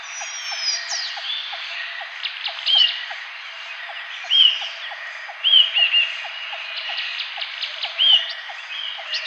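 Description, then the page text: Green iora giving short, slurred nasal notes at uneven intervals over a steady ticking background. "Green Iora Nasal Calls. Quick Sounds"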